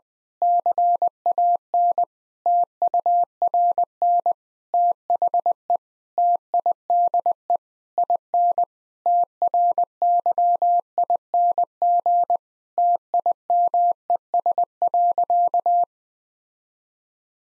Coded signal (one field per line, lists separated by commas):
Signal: Morse code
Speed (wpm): 20 wpm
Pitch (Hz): 700 Hz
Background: none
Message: CAN TURN THE TIDE IN TRYING TIMES.